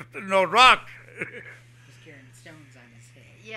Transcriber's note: he laughs